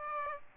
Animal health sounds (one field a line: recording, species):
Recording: mosquito wingbeat signal from an infrared sensor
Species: Aedes aegypti